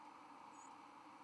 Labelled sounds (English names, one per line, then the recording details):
White-throated Sparrow flight call
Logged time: 04:21 on 31 October 2014